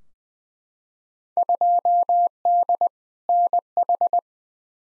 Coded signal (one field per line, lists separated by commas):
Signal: Morse code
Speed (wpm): 20 wpm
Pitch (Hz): 700 Hz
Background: none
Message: 2D NH